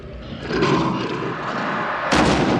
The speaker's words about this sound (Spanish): La leona rueda, alcanzada por el disparo de Karen.